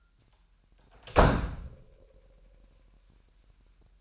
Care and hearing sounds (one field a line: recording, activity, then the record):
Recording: daily activity, microphone in the room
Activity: close door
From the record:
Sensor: 2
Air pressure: 998.2 hPa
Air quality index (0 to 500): 138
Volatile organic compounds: 4 ppm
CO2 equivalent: 1556 ppm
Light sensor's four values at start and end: 12/35/14/14 and 12/35/14/14